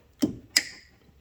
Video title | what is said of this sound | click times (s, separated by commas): Installing Door Latch on Toyota Tacoma SR5 - Bad Wrench | if it does go ahead and clip it together until it clicks | 0.6 s